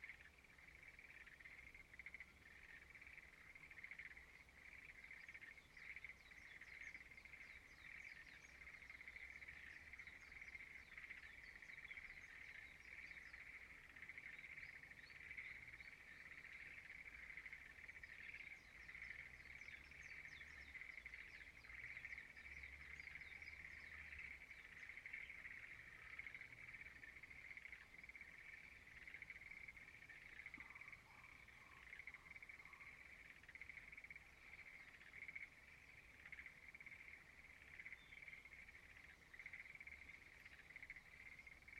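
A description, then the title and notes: Frogs sing in a dense, unbroken chorus across a rice field at dawn, with faint bird chirps above and a low rumble beneath. Frog singing in the rice field Izumo(Shimane).sound meditation. 島根県、朝方の田んぼにて。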